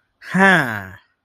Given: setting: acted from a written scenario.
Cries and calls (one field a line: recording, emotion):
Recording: vocal sound without words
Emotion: relief